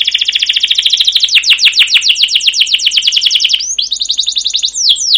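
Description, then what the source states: Canary song: a rapid, even rolling trill of repeated notes for several seconds, followed by varied chirps and slurs. Long rolling canary song (masteran), used as a lure to prompt other canaries to sing.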